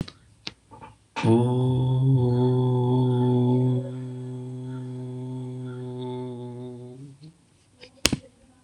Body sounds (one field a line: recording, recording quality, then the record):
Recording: sustained vowel as in boot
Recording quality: moderate, slight background noise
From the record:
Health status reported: exposed to COVID-19, no respiratory illness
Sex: male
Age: 30 years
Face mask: not worn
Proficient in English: yes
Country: India